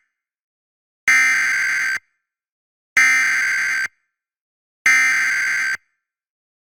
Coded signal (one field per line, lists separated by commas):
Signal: Emergency Alert System (SAME) tones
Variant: header bursts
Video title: EAS Alerts from September 10-11th, 2023 [EAS #1,082-1,095]